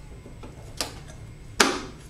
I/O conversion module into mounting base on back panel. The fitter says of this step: you have the conversion modules locked into place